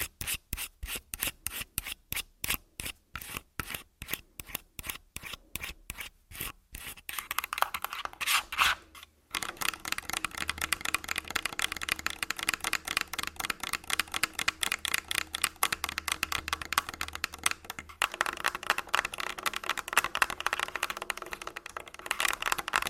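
Tapping and scratching on a body: the first eight seconds are quick, separate taps in a steady patter. After a brief pause near nine seconds it turns into dense, continuous rasping scratches, bright and busy, with a short break around eighteen seconds.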